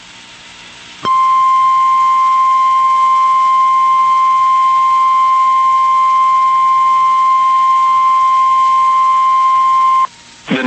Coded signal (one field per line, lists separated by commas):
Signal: Emergency Alert System (SAME) tones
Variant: 1050 Hz attention tone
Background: speech